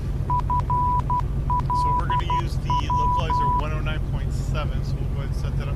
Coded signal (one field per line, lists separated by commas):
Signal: Morse code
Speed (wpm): 12 wpm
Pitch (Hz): 990 Hz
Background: speech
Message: FLW